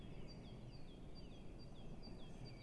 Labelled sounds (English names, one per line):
Great Tit